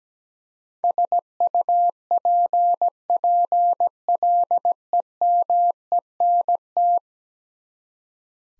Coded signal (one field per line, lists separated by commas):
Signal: Morse code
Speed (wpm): 17 wpm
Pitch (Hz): 700 Hz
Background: none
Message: SUPPLEMENT